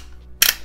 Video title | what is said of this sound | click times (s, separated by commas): Axwell EDC Wallet: First Impressions | can they snap in there pretty firm everything's pretty tight when it's in here no clicking and clacking good | 0.4 s